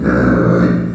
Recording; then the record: squeal of a Yucatan mini pig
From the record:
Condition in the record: after surgery on the right vocal fold (resection and tissue-engineered implant); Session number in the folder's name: 7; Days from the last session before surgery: 47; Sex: female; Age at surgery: 19 weeks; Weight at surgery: 25 kg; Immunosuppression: prednisolone